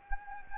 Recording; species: mosquito wingbeat signal from an infrared sensor; Anopheles gambiae